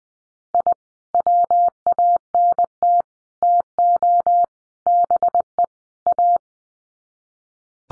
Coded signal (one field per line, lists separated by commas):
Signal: Morse code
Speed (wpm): 19 wpm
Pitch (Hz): 700 Hz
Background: none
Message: I WANT TO BE A